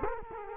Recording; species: mosquito wingbeat signal from an infrared sensor; Culex quinquefasciatus